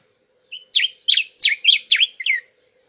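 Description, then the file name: Diuca finch song: a short, quick run of several clear, slurred whistled notes. "Canto da diuca"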